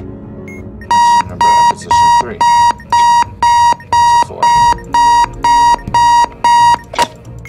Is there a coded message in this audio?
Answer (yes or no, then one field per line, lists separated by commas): no